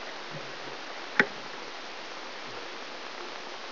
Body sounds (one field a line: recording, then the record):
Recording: brain microelectrode recording played as sound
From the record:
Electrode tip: outside the subthalamic nucleus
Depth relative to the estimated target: -7.5 mm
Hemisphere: left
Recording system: AlphaMap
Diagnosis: Parkinson's disease